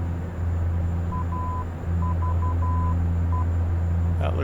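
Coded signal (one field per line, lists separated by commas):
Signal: Morse code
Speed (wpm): 12 wpm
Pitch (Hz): 1000 Hz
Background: speech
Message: AVE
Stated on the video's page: Broadcast live on Twitch.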